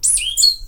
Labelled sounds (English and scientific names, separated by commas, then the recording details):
Stitchbird (Notiomystis cincta) song
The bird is a male
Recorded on Tiritiri Matangi Island, New Zealand, in 2005
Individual 22, of nest box 31